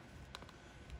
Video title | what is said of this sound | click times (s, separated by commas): Mavic 2 Pro Gimbal Rebuild | And now that it snaps in place, | 0.4 s